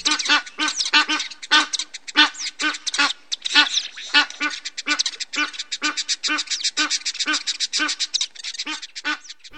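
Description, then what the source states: Egyptian goose giving rapid, harsh honking and cackling calls, many short bursts in quick succession. An African species, in the Große Aue near Holleben, south of Halle.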